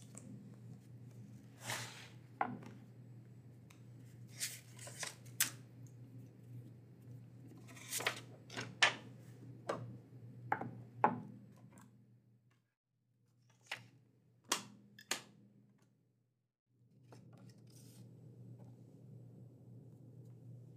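Books being checked and prepped come as sharp clicks, taps and thumps in bursts over a low steady hum, which drops out briefly near thirteen seconds.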